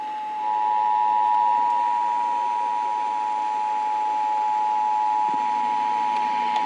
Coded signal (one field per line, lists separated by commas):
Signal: Emergency Alert System (SAME) tones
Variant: 853 and 960 Hz attention tone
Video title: AM/FM EAS #448-449: Severe Thunderstorm Warning